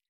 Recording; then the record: hydrophone in a shrimp aquaculture tank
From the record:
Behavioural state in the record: feeding